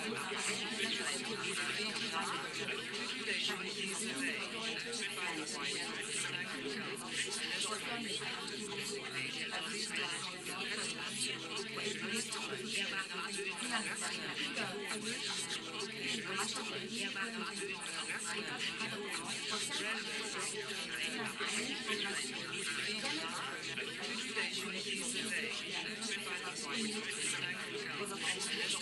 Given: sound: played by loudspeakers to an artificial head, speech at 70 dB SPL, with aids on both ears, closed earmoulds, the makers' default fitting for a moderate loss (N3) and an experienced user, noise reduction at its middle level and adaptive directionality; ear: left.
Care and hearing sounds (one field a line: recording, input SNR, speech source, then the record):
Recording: speech test signal (ISTS) in cocktail-party noise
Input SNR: -6 dB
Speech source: on the right (90 degrees)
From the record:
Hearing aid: class 1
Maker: E